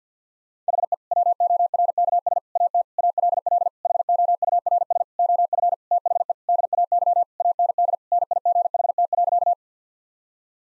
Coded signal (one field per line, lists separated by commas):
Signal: Morse code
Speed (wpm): 50 wpm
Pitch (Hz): 700 Hz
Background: none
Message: HE WORKS AT ALL HOURS OF THE DAY AND NIGHT.